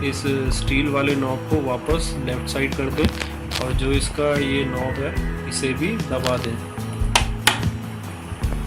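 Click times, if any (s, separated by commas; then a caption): 7.2 s, 7.5 s. Over background music, someone talks while the handwheel clutch knob on an Usha sewing machine is pressed back in after refilling the bobbin, with the steel knob returned to the left side. Sharp clicks at 7.2 s and 7.5 s mark the knob seating back in, which re-engages stitching, since the machine will not stitch unless it is pressed.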